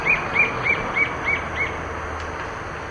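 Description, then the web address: White-flanked antwren song, a short series of six thin, evenly spaced high notes over a steady background hiss. Recorded in the eastern lowlands of South America. "Natures Songs S America Eastern Lowlands Myrmotherula axillaris, song"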